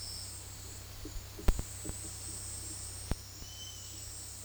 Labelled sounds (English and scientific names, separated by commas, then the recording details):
Yellow-headed Caracara (Milvago chimachima)
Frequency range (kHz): Yellow-headed Caracara (Milvago chimachima) 2.3-3.8 kHz
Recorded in dense forest near Puerto Asís, Putumayo, Colombia, on 19 February 2024 at 10:00
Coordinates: 0.485, -76.322
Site G6406